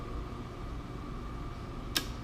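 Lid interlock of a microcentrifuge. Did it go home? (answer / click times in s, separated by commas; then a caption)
released / 2.0 s. After a mini centrifuge is switched off and spins down, a steady low hum with a faint tone near 1.2 kHz continues. The lid interlock of the microcentrifuge then releases with a single sharp click at 2.0 s. The lid is unlocked and can be opened.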